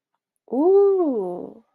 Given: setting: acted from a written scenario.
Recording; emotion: vocal sound without words; interest